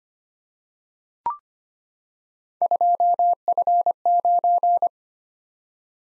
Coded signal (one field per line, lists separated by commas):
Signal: Morse code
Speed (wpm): 25 wpm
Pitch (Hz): 700 Hz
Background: none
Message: 2F9